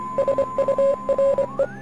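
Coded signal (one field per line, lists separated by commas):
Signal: Morse code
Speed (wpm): 26 wpm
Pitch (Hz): 550 Hz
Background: none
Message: SURE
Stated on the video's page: Morse code messages from the supernatural thriller game Oxenfree.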